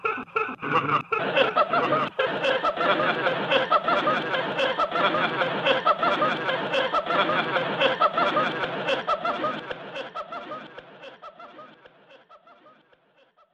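Laughter in a theatre, a dense crowd of overlapping laughs and chuckles with scattered claps, swelling early then thinning and fading after about ten seconds.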